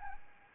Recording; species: mosquito wingbeat signal from an infrared sensor; Aedes albopictus